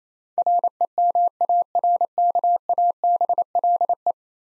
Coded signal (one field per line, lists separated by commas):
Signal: Morse code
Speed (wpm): 28 wpm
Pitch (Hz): 700 Hz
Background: none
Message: REMARKABLE